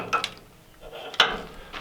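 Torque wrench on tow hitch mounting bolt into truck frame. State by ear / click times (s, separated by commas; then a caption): torque reached / 1.2 s. A click-type torque wrench tightens a tow hitch receiver mounting bolt into the frame of a 2013 Chevy Silverado pickup, with a couple of quick ratcheting clicks near 0.1–0.3 s followed by low rubbing. A sharp, brief click at 1.2 s marks the wrench reaching its set torque rating.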